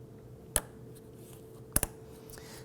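The red plastic secondary lock on the fuel line quick connector of a 2015-2020 Ford F-150 2.7L V6 fuel pump module assembly is pressed closed, giving two loud, sharp clicks at 0.6 s and 1.8 s, the second followed by a softer tick. A steady low hum runs underneath, and the red secondary lock snaps fully closed and seated.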